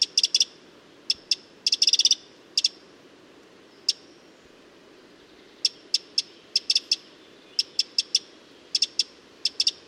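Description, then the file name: Eurasian wren uttering sharp tick calls in irregular runs, with rapid chattering bursts early on and steadier repeated ticks in the second half. "Troglodytes troglodytes"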